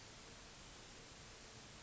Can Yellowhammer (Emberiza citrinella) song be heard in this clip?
no